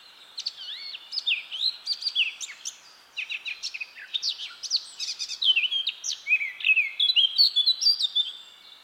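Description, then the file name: Eurasian blackcap song: two bursts of busy, jumbled warbling with sliding whistled notes, separated by a brief pause. "Sylvia atricapilla"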